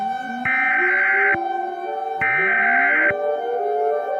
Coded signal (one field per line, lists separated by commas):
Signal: Emergency Alert System (SAME) tones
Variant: header bursts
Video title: EAS Scenario #18 Pink Hurricane